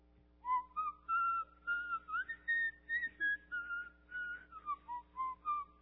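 A person whistles a lilting tune alone, clear high notes gliding up and down in short, bouncy phrases over a faint steady low hum.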